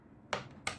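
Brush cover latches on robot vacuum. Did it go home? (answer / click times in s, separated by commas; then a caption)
released / 0.3 s, 0.7 s. The brush cover on a Eureka Forbes robotic vacuum cleaner is pressed upward, and its two latch sides release one after the other with small ticks at 0.3 s and 0.7 s. Both sides come up, so the cover is released. No one talks during the clip.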